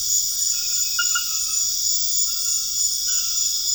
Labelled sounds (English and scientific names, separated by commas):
none